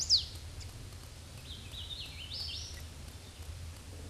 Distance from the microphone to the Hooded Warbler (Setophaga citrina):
about 30 m